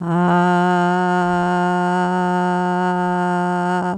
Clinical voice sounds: sustained vowel /a/; female; 70 to 79 years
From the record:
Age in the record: 79 years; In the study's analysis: included

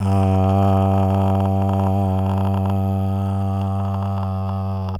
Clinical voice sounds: sustained vowel /a/; male; 60 to 69 years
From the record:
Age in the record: 62 years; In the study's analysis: included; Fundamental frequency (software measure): 97 Hz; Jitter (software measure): 0.29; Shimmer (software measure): 0.86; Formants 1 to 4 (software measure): 753 Hz, 1368 Hz, 2705 Hz, 3148 Hz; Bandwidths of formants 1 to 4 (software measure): 105 Hz, 314 Hz, 380 Hz, 370 Hz

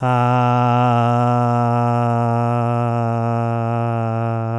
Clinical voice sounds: sustained vowel /a/; male; 60 to 69 years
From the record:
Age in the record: 64 years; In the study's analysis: included

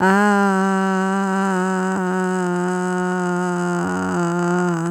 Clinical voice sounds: sustained vowel /a/; female; 60 to 69 years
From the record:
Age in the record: 68 years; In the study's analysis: included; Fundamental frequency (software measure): 179 Hz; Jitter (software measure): 0.49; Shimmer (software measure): 0.80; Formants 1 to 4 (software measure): 866 Hz, 1455 Hz, 2630 Hz, 4145 Hz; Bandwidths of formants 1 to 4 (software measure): 364 Hz, 246 Hz, 221 Hz, 267 Hz

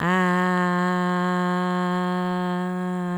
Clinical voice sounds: sustained vowel /a/; female; 20 to 29 years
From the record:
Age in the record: 25 years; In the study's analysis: included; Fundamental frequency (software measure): 180 Hz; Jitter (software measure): 0.34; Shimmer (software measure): 0.74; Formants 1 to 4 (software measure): 979 Hz, 1736 Hz, 3224 Hz, 4142 Hz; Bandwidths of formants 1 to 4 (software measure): 324 Hz, 243 Hz, 152 Hz, 199 Hz

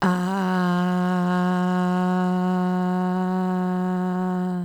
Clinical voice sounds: sustained vowel /a/; female; 40 to 49 years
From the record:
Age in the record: 45 years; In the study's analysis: included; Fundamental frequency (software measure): 182 Hz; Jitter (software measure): 0.42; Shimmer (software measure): 0.91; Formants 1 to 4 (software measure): 834 Hz, 1428 Hz, 2912 Hz, 3987 Hz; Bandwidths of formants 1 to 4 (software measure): 204 Hz, 362 Hz, 203 Hz, 376 Hz

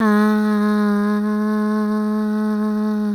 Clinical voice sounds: sustained vowel /a/; female; 30 to 39 years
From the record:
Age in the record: 32 years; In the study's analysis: included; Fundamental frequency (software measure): 212 Hz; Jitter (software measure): 0.39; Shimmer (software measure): 0.50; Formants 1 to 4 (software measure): 1355 Hz, 1845 Hz, 3796 Hz, 4477 Hz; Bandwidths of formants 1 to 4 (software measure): 493 Hz, 309 Hz, 363 Hz, 436 Hz

